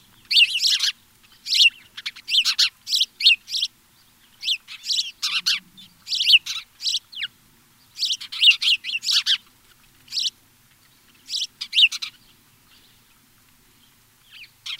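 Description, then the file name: House sparrow chirps, short harsh bursts of cheeps repeated in quick clusters, separated by short silences throughout. "Passer domesticus"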